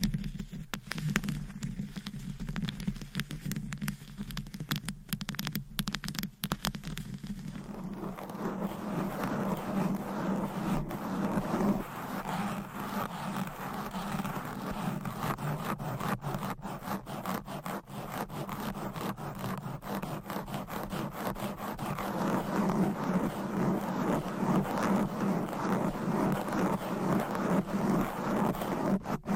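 Fast, aggressive tapping and scratching of nails on items, a dense stream of quick clicks and scrapes with no pauses. The opening seconds are sparser and lower, then from around eight seconds the scratching grows fuller and brighter and stays busy to the end.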